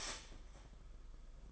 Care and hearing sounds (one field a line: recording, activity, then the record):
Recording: daily activity, microphone in the room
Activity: start toaster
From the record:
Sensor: 5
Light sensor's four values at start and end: 33/110/41/44 and 33/110/41/44